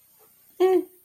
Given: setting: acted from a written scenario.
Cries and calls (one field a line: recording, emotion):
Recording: vocal sound without words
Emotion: neutral